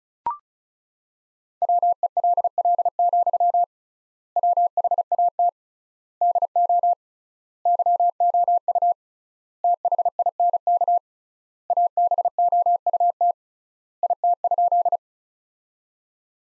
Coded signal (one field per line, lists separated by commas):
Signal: Morse code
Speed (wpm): 34 wpm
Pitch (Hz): 700 Hz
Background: none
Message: WELL, WHAT DO YOU THINK ABOUT IT?